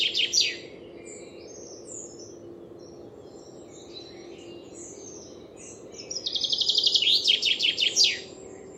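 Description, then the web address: Common chaffinch song, a short burst at the start and then a full descending rattle with a final flourish, over soft background chirps. "Deverinetal"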